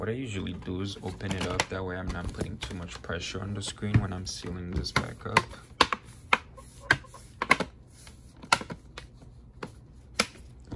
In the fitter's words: you hear clicks there you go so this is